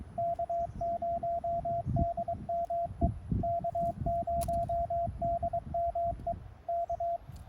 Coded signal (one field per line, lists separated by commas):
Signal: Morse code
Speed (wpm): 22 wpm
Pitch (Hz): 680 Hz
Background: radio noise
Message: K0DME K0DME K